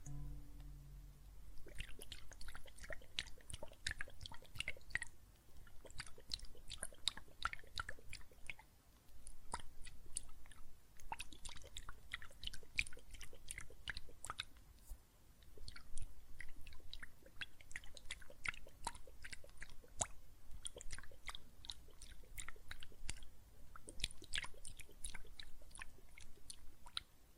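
Soap foam crackles and fizzes with dense, quick popping and clicking, like countless tiny bubbles bursting. The crackle comes in long runs with short lulls around 5, 9, 15 and 23 seconds, over a faint low rumble that runs underneath throughout.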